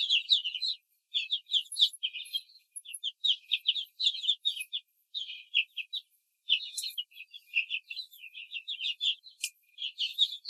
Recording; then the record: young laying hens in a cage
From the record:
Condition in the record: control cage, before the stress test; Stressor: none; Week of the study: 4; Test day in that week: 1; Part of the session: 3